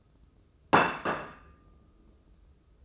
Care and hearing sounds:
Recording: daily activity, microphone in the room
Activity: place plate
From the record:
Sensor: 2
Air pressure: 995.1 hPa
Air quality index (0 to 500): 61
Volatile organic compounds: 2 ppm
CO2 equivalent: 1022 ppm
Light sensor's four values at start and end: 14/46/18/17 and 14/46/18/17

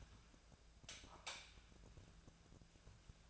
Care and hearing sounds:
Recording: daily activity, microphone in the room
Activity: light off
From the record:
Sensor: 2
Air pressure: 999.8 hPa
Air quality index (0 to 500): 116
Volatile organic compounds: 2 ppm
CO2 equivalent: 996 ppm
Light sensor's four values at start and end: 39/104/44/49 and 35/87/37/42

